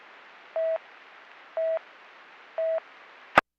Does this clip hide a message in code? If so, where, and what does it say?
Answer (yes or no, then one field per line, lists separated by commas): no